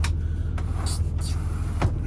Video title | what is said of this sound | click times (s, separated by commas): FOR SALE - 2016 Kenworth T680 - Paccar MX13 485hp / 13 Speed. VERY CLEAN | So you can see there's a couple of scuffs on there, but it locks into place, which is good. | 1.8 s